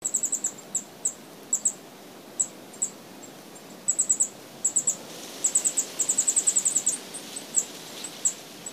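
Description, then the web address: Goldcrest singing very high, thin notes in short clusters, then a rapid run of repeated notes, then a few spaced single notes, over a soft steady background hiss. "izumino saunndo kikuitadaki"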